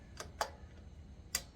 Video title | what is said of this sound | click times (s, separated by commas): External breather for your Harley? Why I removed mine | there's the click so we're good there | 1.4 s